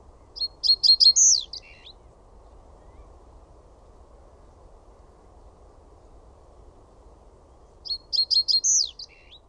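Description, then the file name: Reed bunting song: a brief jingling phrase of high chirps with a slurred closing note, sung twice against quiet background noise. "PAJUSIRKKU"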